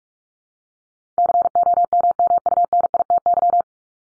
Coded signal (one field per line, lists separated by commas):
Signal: Morse code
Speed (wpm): 44 wpm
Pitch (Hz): 700 Hz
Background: none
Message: COMMUNITY